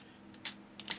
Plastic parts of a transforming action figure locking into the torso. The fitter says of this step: pull these down that's gonna pop in a place just like so